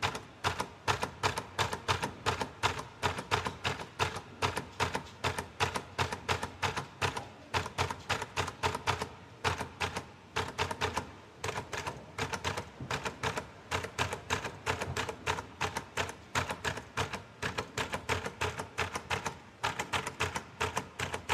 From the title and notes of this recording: The Dreaming Typewriter (The ASMR Radio). A slow-typing typewriter.